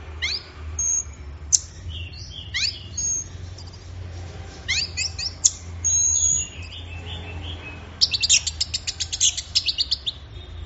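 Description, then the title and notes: Orange-headed thrush song: varied high whistles and sliding notes, then a fast burst of rapid, repeated chattering notes near the end over a low steady hum. Bird in full song (gacor), used for training songbirds. "Anis Merah Gacor Teler. Kumpulan Suara Burung Anis"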